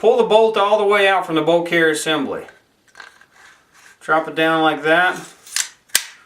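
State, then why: Seated. The charging handle and bolt carrier group are pushed forward together into an AR-15 upper receiver. Someone talks, then there are a few small metallic ticks and a sharp click at 6.0 s as the parts latch home. They are seated.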